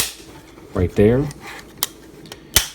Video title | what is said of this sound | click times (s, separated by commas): Video Review: TransFormMission Havoc - M-03 POWERTRAIN | And then these will collapse up, and you can see they clip on right there. | 1.8 s, 2.6 s